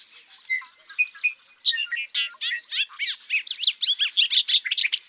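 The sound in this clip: Bobolink song, a few thin whistled notes that swell into a continuous bubbling jumble of sharp, rapidly varied chirps.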